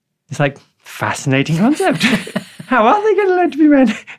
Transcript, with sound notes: It's like, fascinating concept! (Laughs) How are they gonna learn to be men?